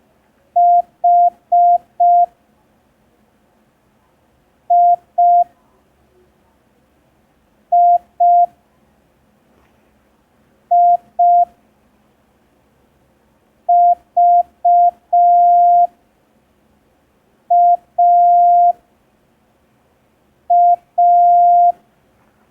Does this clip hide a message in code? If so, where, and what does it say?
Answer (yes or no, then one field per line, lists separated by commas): yes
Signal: Morse code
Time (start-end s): 0.6-21.7 s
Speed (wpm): 5 wpm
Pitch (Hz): 700 Hz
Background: none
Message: H I I I V A A